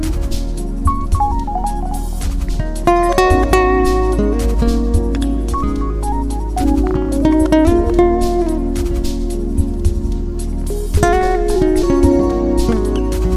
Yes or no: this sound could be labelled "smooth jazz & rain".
yes